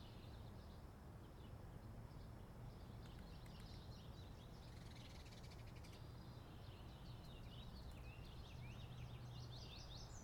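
Birds chirping, a busy chorus of quick high twittering notes through most of the stretch over a constant low rumble of background noise.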